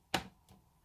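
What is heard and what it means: A plastic arm of a Smart Doll Cortex is refitted into its shoulder socket, giving a very faint click at 0.2 s followed by a softer tap near 0.5 s and a tiny tick at 0.8 s. The click is not enough to hold it: the arm is too loose and keeps falling off, especially when the doll is dressed.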